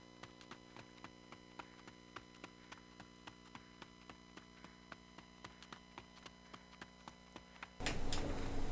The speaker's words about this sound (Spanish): Pues parece que va corriendo un caballo por el bosque.